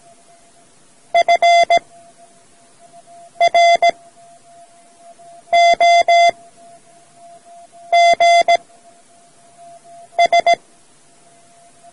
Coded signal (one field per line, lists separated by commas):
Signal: Morse code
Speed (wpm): 17 wpm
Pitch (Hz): 690 Hz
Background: none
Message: FROGS